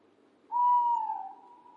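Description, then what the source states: Owl giving a single long whistled hoot that holds steady, dips slightly, then trails off evenly over about a second, with a quiet background. Owl calling in a calm environment.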